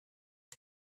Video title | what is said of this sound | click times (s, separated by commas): Dexcom G4 Platinum Continuous Glucose Monitoring System With Share | with your other hand move the transmitter latch forward until you hear two clicks | 0.5 s